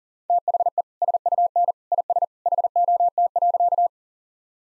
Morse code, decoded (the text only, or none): THE SUN IS HOT.